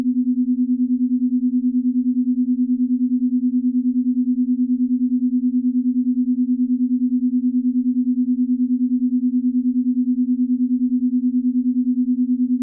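A binaural beat tone: one steady, pure low hum held without change for the whole clip, with a fast, even pulsing in its loudness. Nothing else sounds around it; the tone stays constant from start to finish.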